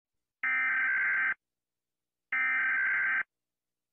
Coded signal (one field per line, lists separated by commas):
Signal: Emergency Alert System (SAME) tones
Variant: header bursts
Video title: Rating EAS Alarms 84! (Cheeseburger)